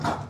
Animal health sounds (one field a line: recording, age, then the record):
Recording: pig call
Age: growing-finishing pig (85 days or more)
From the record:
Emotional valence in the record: positive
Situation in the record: run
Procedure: transit